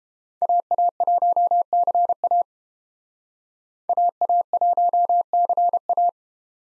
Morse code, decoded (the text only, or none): AA1CA AA1CA